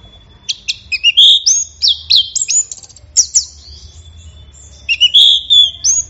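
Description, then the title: Orange-headed thrush singing a varied, loud stream of high whistles, slurred notes and short trills, broken by a pause of over a second in the second half. Bird in full song (gacor); recording used for training songbirds. "Anis Merah Gacor Teler"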